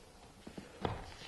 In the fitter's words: so slide it in click